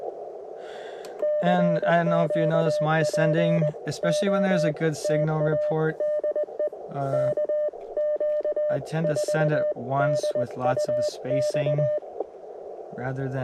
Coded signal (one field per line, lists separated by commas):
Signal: Morse code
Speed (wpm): 20 wpm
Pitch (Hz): 600 Hz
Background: speech, radio noise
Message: CQ POTA DE KQ4DUX